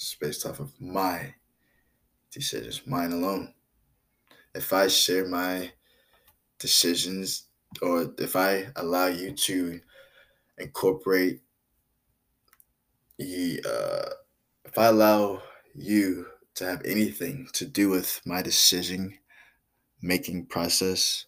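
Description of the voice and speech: Adult male speech with stuttering: repeated 'if I', stretched sounds and long silent blocks breaking up the phrase. He stutters a lot.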